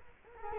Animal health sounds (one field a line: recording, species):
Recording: mosquito wingbeat signal from an infrared sensor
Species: Culex quinquefasciatus